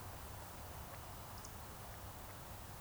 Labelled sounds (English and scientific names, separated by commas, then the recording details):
Eurasian Woodcock (Scolopax rusticola) whistle
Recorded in Baden-Württemberg, Germany, on 3 June 2021 at 20:01 UTC
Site 45499, 200 m above sea level